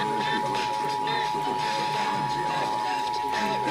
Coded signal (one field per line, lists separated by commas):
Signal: Emergency Alert System (SAME) tones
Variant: 853 and 960 Hz attention tone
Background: speech